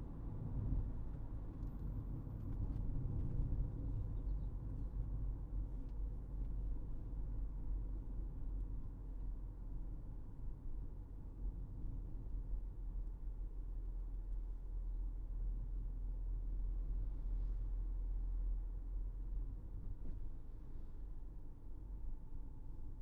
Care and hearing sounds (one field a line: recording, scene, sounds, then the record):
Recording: everyday scene through a hearing-aid microphone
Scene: in a vehicle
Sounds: engine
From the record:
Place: Berlingo II, diesel engine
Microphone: behind the ear, right, front